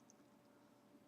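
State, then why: Not seated. A plastic waist hinge panel on a transforming action figure is pushed back into place against the torso. Only a faint, soft sound comes through over a low, steady background, with a brief high tick near 0.1 s. The hinge does not lock into anything, and nothing has seated or clicked yet.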